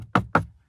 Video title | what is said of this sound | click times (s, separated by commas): 1st Gen Acura TLX -fix interior rattling by speedometer! | And then we should get two clicks up here. Click and click. Okay. | 0.2 s, 0.3 s